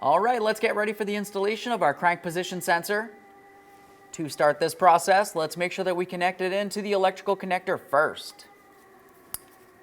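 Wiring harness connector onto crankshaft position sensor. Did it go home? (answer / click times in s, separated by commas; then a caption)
yes / 9.3 s. Someone talks, then the wiring harness connector is pushed onto a new crankshaft position sensor for a 2011–2019 Ford Explorer. A single sharp click is heard at 9.3 seconds as the connector clicks in and seats securely, which prevents a check engine light.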